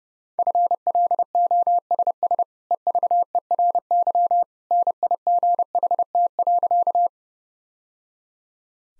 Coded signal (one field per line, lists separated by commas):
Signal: Morse code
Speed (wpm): 32 wpm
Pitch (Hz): 700 Hz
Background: none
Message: FLOSS EVERY NIGHT.